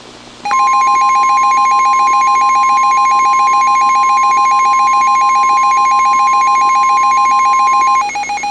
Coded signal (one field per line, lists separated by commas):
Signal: Emergency Alert System (SAME) tones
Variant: 1050 Hz attention tone